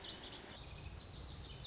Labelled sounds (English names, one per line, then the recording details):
Lazuli Bunting
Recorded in Sonoma County, California